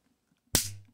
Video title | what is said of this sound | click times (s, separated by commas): (OLD VIDEO) IPAPR Disassembly | until it snaps into place that's all you need to do | 0.5 s